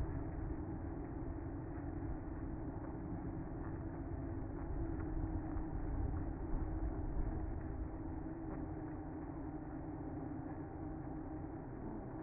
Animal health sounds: honeybee colony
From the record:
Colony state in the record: active

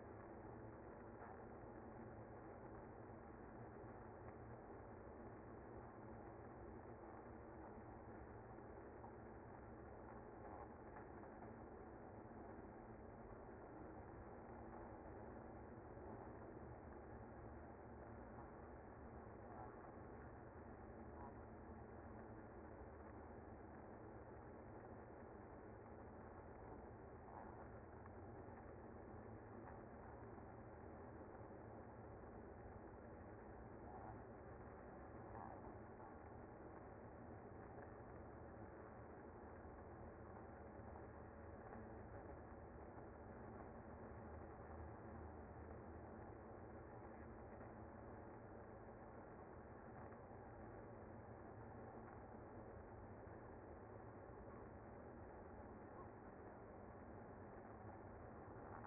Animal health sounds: honeybee colony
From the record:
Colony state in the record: active

